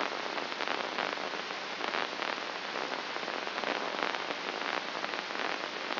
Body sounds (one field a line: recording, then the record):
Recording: brain microelectrode recording played as sound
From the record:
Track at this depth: outside the subthalamic nucleus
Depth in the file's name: 6.429 mm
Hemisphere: left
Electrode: 2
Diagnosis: Parkinson's disease